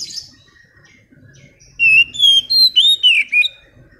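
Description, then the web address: Oriental magpie-robin song: a quiet start, then a rapid series of loud, ringing whistled notes. Kacer audio used as a lure to get a bird that has stopped singing to start singing again; also serves as master training audio for kacer. "audio kacer-pancingan-macet-bunyi. masteran kacer"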